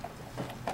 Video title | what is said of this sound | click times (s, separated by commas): #102 Prima Doily Dies, Spellbinders Tool 'n One, New Die & Stamp Storage by Scrapbooking Made Simple | Locks in place all by itself. | 0.7 s